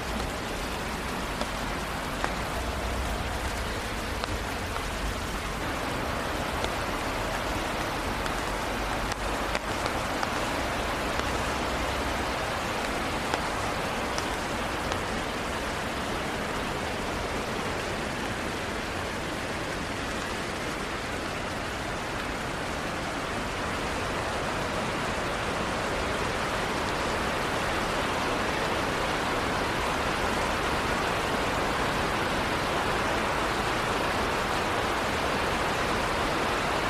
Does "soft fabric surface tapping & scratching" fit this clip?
no